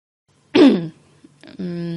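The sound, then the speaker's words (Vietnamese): Someone clears their throat twice: a sharp, gravelly burst that drops in pitch, then after a short pause a longer, steadier voiced rasp, fairly loud with no speech around it. “Bây giờ có chối cũng khó, tôi quyết định hắng giọng lên mấy tiếng.”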